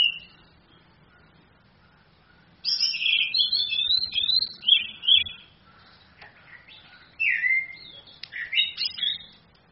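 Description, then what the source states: Orange-headed thrush singing a rapid run of varied, high, twittering and whistled phrases after a single opening note and a quiet pause, then pausing briefly before a second lively burst. Female bird; used to train other birds, played from a phone screen.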